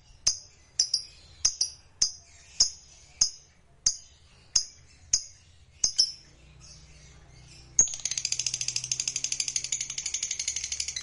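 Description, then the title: Lovebird sounds: a series of sharp, high ticking notes, then a pause and a burst of rapid, shrill chattering trill. Meant to stir a lazy lovebird that is reluctant to sing into singing eagerly and spontaneously. "LOVEBIRD Malas Bunyi JADI GREGET SPONTAN Langsung NARIK"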